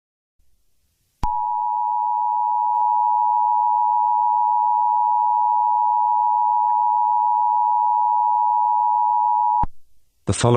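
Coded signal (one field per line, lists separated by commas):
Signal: Emergency Alert System (SAME) tones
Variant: 853 and 960 Hz attention tone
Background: speech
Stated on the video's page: Fictional EAS scenario with text-to-speech voice.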